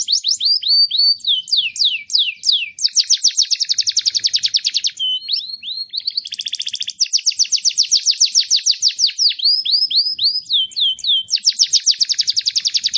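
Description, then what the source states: Songbird pouring out a steady stream of fast repeated notes, switching between slurred whistles and dense, rapid trills with hardly a pause. Complete songbird song, used for training songbirds.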